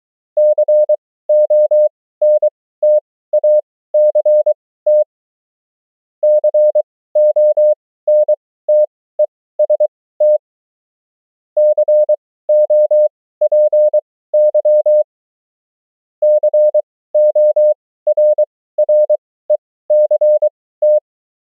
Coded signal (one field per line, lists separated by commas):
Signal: Morse code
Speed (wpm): 23 wpm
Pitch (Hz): 600 Hz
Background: none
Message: CONTACT CONTEST COPY CORRECT